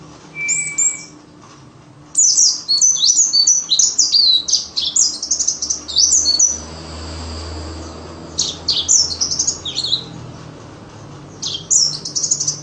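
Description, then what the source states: White-eye song: bursts of high, thin, rapidly sweeping chirps and short trills, pausing between phrases. Forest white-eye song material (isian) for training songbirds (masteran).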